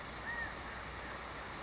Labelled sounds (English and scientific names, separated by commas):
California Quail (Callipepla californica)